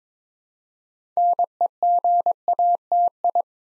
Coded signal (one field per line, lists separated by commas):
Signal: Morse code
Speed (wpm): 22 wpm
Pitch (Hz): 700 Hz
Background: none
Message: NEGATI